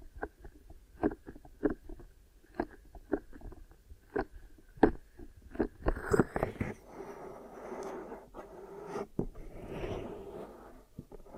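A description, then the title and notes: Ear massage and cleaning sounds: soft taps and brushing clicks land about twice a second for the first six seconds. After that a denser rubbing and scratching texture takes over, with occasional sharper scrapes. ASMR Sleepy Glue Ear Massage and Cleaning (No Talking).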